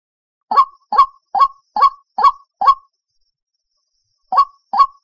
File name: Tieng chim quoc keu